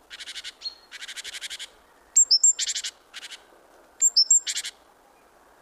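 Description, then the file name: Great tit calls: rapid buzzy, rattling bursts mixed with pairs of sharp, high whistled notes, repeated in quick succession. "Parus major"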